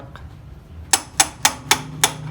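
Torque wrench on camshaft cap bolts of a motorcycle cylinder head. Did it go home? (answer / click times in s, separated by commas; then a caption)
yes / 0.9 s, 1.2 s, 1.4 s, 1.7 s, 2.0 s. A torque wrench tightens the camshaft cap bolts on a motorcycle cylinder head, closing up the cover. Five sharp clicks sound at 0.9, 1.2, 1.5, 1.7 and 2.0 seconds, each showing that a bolt has reached its set torque and is properly tightened. A faint tap comes earlier at 0.2 seconds.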